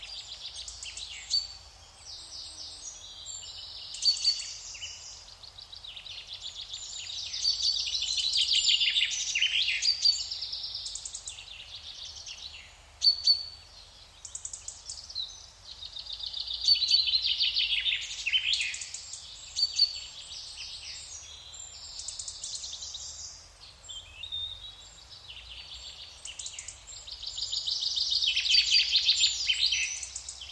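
Birds chirp from the depths of the forest, a dense, overlapping chorus of high, bright calls that swells in waves around 7–10, 16–19 and 27–30 seconds. Sharp single notes cut through now and then, over a faint, low rumble underneath.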